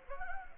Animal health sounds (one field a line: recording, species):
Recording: mosquito wingbeat signal from an infrared sensor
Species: Anopheles gambiae